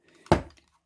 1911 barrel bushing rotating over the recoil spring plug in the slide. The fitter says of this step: we're gonna push down that's holding the plunger turn it till the plunger clicks into place